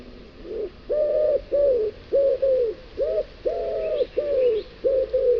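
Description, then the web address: Common wood pigeon song: deep, muffled coo notes in a rhythmic series, some drawn out and others short, with faint twittering of small birds in the background. "cianscape. Deverinetal"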